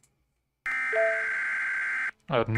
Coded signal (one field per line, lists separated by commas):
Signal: Emergency Alert System (SAME) tones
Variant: header bursts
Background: speech